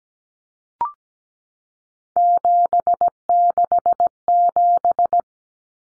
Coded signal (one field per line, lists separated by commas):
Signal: Morse code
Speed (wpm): 17 wpm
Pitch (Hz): 700 Hz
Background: none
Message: 767